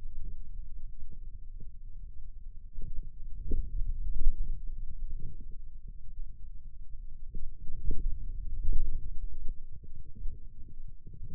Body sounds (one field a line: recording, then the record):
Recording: forearm muscle sounds (acoustic myography)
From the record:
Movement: hand opening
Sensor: system 2, bracelet of six BSWA MPA416 microphones around the upper forearm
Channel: 2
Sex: male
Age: 22 years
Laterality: right